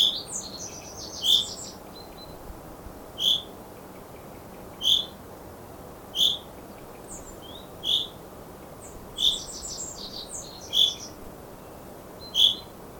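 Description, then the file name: Common chaffinch giving short, bright single call notes, repeated roughly every one and a half seconds, with thin higher chirps in between. "Fringilla coelebs"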